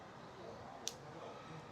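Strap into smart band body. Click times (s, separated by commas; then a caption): 0.9 s. A watch strap is pressed into the body of a Xiaomi Band 8 Pro smart band. A single short, sharp click comes at 0.9 s over low background noise, showing the strap has locked in place.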